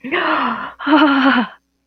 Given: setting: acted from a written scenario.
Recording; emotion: vocal sound without words; ecstasy